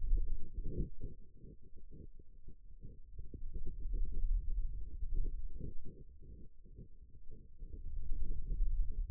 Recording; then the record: forearm muscle sounds (acoustic myography)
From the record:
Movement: pen grasping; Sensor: system 2, bracelet of six BSWA MPA416 microphones around the upper forearm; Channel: 3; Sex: male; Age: 22 years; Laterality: right